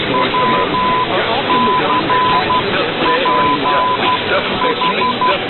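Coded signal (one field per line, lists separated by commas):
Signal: Morse code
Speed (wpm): 12 wpm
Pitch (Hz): 1000 Hz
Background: speech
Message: WCPH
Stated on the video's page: Morse code and tones transmitted during AM broadcast station DX Tests, alongside sweeps, for distant listeners.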